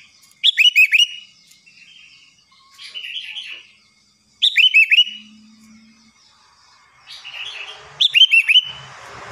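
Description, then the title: Sooty-headed bulbul delivering three lively, liquid four-note phrases roughly every four seconds, separated by softer chattering notes. "Kutilang"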